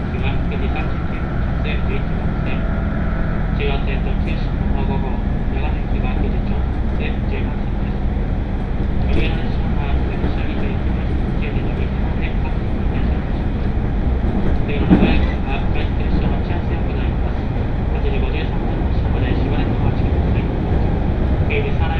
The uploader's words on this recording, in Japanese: 耳で楽しむ鉄道旅 東海道本線 熱田→名古屋→大垣。熱田から名古屋までは各駅停車に乗っていきますが、このあとのダイヤの都合上一旦名古屋から大垣までは新快速での移動にします。